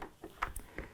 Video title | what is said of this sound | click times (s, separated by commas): AGV K3 SV Helmet Review and Road Test - ChampionHelmets.com | that and then we can push it on and it clicks into place again | 0.4 s